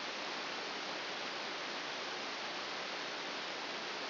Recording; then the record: brain microelectrode recording played as sound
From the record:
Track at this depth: inside the subthalamic nucleus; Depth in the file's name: 1.405 mm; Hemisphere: right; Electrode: 2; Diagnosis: Parkinson's disease